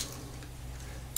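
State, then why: Seated. During reassembly of a Zastava M70 .32 ACP small pistol, the metal takedown pin is inserted into the frame over a quiet, steady low hum. A single sharp click at 1.2 s marks the pin seating into place.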